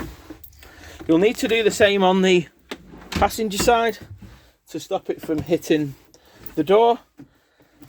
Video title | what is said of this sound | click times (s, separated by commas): 2018-Bailey Autograph 75-2 Instructional Video | and you'll see it'll click in place | 0.4 s